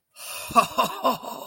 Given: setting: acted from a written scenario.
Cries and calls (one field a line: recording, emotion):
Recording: vocal sound without words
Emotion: elation